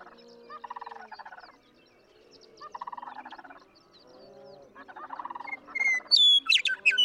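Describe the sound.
Western meadowlark song: a quick flourish of clear whistles and jumbled gurgles at the end, after several bouts of buzzy pulsed trilling.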